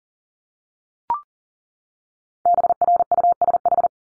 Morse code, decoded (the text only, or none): BRUSH